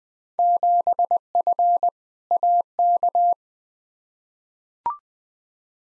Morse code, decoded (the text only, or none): 7F AK